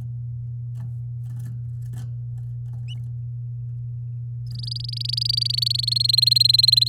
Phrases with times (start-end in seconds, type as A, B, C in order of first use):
2.92-2.93 A, 4.47-6.07 B, 6.08-6.88 C